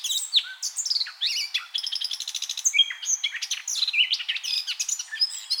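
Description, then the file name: Eurasian blackcap singing a fast, dense warble of scratchy chirps and short whistled slurs that run continuously with no pause. "Sylvia atricapilla"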